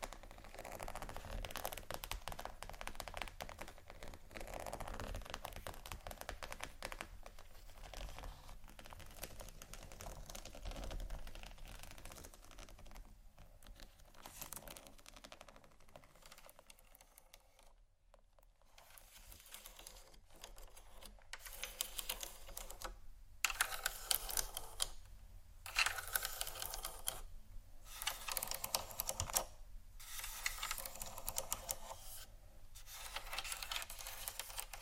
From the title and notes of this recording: ASMR 31 Scratching Triggers For Your Tingles（No Talking）.